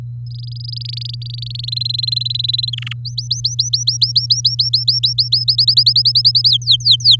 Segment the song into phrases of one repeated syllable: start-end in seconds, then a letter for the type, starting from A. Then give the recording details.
0.26-1.70 A, 1.72-2.70 B, 2.73-2.93 C, 3.05-5.29 D, 5.32-6.49 E, 6.50-7.16 F. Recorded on 9 May 2018 at 06:29. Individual llb16